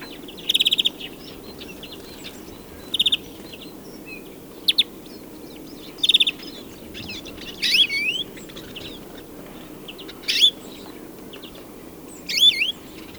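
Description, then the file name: European greenfinch giving high twittering chips with a few rising whistled notes, scattered roughly every two seconds, against a faint steady hiss. "Chloris chloris"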